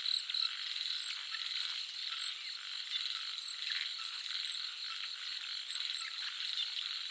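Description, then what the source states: Frogs croaking en masse, a steady wash of rapid rattling notes, overlaid by high-pitched insect trilling and intermittent sharp chirps. Jungle nature soundscape of frogs and crickets.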